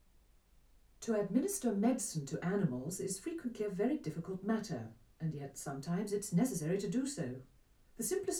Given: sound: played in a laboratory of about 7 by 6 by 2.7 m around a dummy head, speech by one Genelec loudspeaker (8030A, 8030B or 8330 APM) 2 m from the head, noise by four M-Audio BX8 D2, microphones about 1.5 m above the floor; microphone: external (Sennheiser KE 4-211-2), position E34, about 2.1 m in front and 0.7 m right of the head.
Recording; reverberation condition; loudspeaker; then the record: female speech in English; low; 150 degrees to the left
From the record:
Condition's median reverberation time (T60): about 310 ms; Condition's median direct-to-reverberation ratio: about 3.5 dB